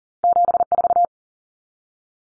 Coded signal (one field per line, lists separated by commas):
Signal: Morse code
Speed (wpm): 39 wpm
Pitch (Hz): 700 Hz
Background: none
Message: 74